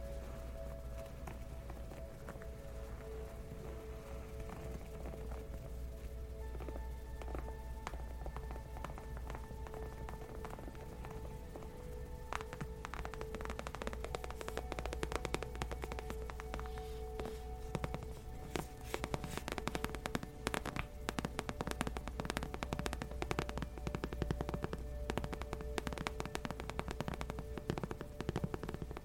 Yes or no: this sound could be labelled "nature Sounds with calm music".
no